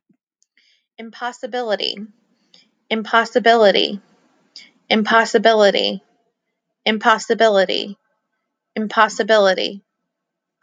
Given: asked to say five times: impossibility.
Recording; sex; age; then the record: repeated word; female; 30 to 39 years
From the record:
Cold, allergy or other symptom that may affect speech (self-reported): no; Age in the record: 35 years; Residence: Georgia, United States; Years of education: 16